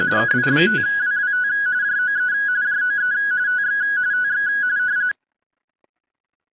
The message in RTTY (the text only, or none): KI5WWT JOE JOE TX TX